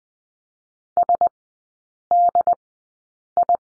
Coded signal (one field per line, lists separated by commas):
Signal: Morse code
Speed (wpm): 20 wpm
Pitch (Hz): 700 Hz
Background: none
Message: S D I